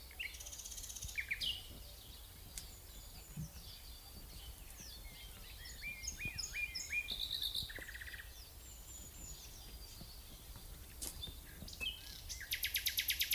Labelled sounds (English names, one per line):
Common Nightingale song